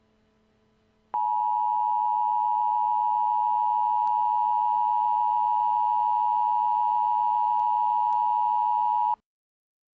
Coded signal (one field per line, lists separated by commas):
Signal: Emergency Alert System (SAME) tones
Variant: 853 and 960 Hz attention tone